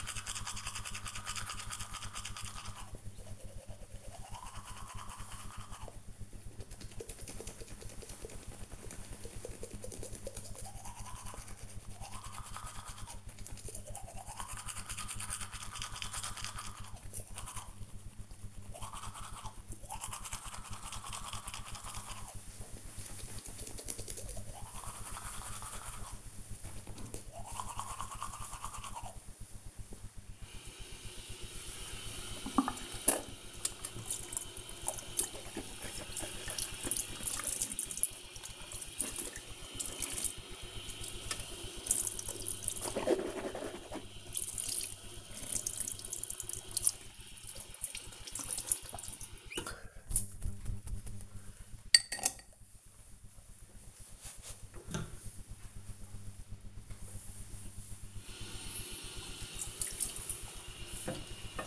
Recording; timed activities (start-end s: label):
household activities, microphone on the right wrist
0.00-49.81 s: brushing teeth
56.87-61.67 s: washing hands